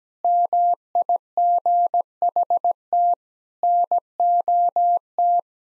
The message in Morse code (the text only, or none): MIGHT NOT